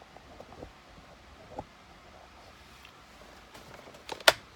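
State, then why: Seated. A clock spring is pushed onto the steering column of a 2005 Ford Freestyle during the steering wheel and airbag install. Faint handling noises over a quiet background lead to a sharp, bright click at 4.3 s as the clock spring seats into place.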